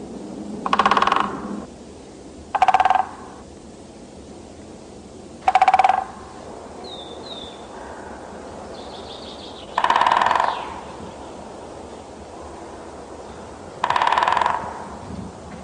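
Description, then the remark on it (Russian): A woodpecker in a forest drums on an old tall tree while seeking food, in five short, rapid rattling bursts separated by pauses of a few seconds, with faint high bird chirps in between. “Побывав в лесу, наверное, каждый из вас слышал стук дятла.”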